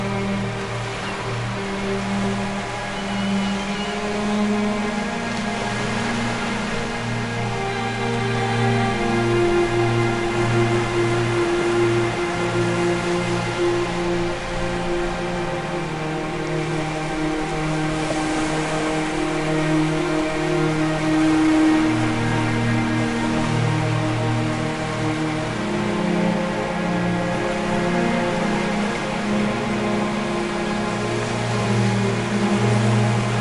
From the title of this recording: The Majestic Ocean Soundscape With Relaxing Music & Ocean Waves